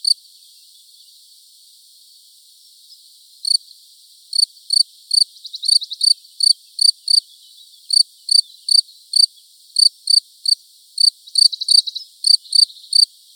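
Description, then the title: Field cricket song: after a few quiet seconds, shrill pulsed chirps start and repeat in quick succession. Buoux, Vaucluse, France, May 2010. "Sylvain Jaskowiak - Animus. Grillon champêtre - Buoux, Vaucluse - mai 2010"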